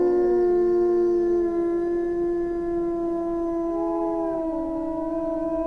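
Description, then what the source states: Gray wolf: gray wolves give long, smooth, overlapping howls at steady pitch, one voice bending up and back down around four seconds. Wolves in winter.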